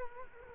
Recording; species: mosquito wingbeat signal from an infrared sensor; Culex quinquefasciatus